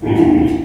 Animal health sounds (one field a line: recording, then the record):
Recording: squeal of a Yucatan mini pig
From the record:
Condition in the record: before surgery on the right vocal fold (resection and tissue-engineered implant)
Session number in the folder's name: 2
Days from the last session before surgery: -15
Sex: female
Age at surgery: 19 weeks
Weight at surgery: 25 kg